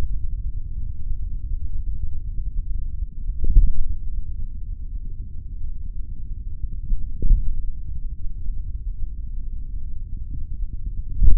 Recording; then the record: forearm muscle sounds (acoustic myography)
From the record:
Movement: finger pinch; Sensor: system 3, bracelet of six PUI Audio POM-2738L microphones around the upper forearm, with dedicated amplification and filtering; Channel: 1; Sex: male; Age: 56 years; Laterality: right